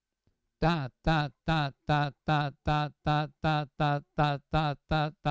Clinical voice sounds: repeated syllable /ta/; male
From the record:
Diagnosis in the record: Parkinson's disease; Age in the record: 75 years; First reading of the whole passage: 62 s, 8.3 characters per second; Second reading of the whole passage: 57 s, 9.2 characters per second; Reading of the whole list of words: 53 s, 5.3 characters per second

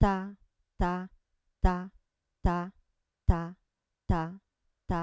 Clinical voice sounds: repeated syllable /ta/; female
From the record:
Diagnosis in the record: Parkinson's disease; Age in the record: 67 years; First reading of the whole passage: 79 s, 6.5 characters per second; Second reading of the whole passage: 74 s, 7.0 characters per second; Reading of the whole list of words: 72 s, 3.9 characters per second

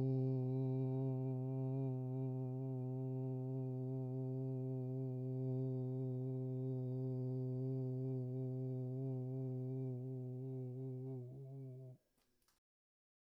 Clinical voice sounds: sustained vowel /u/; male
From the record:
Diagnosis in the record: Parkinson's disease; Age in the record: 68 years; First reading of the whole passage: 84 s, 6.2 characters per second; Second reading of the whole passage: 63 s, 8.2 characters per second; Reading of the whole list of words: 57 s, 5.0 characters per second

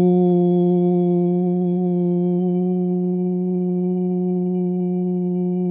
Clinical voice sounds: sustained vowel /u/; male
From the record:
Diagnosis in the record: Parkinson's disease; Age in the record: 71 years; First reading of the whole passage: 62 s, 8.3 characters per second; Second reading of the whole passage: 53 s, 9.9 characters per second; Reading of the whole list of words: 66 s, 4.2 characters per second

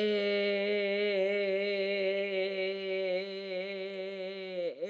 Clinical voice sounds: sustained vowel /e/; female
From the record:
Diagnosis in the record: healthy control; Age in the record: 70 years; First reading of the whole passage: 149 s, 3.0 characters per second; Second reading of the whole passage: 105 s, 4.4 characters per second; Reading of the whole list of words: 65 s, 4.0 characters per second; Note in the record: marked for poor recording quality or reading difficulty

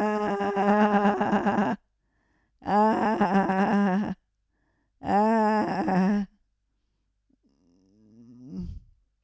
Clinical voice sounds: sustained vowel /a/; female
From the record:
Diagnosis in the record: Parkinson's disease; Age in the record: 65 years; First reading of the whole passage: 242 s, 2.1 characters per second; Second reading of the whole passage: 180 s, 2.9 characters per second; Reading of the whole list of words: 168 s, 1.7 characters per second

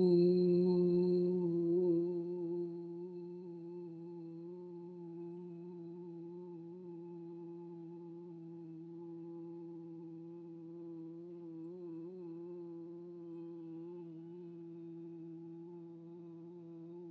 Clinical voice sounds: sustained vowel /u/; female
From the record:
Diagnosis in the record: healthy control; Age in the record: 68 years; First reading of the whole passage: 56 s, 9.3 characters per second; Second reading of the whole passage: 53 s, 9.8 characters per second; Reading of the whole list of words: 52 s, 5.4 characters per second

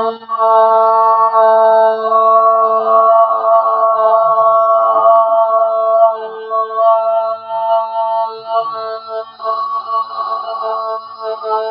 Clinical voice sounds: sustained vowel /o/; female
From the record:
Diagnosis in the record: Parkinson's disease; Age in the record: 63 years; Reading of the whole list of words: 61 s, 4.6 characters per second

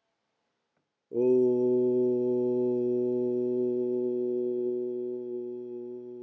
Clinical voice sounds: sustained vowel /u/; male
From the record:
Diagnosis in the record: healthy control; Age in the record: 68 years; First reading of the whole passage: 59 s, 8.4 characters per second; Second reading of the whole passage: 56 s, 8.8 characters per second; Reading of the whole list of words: 34 s, 8.3 characters per second

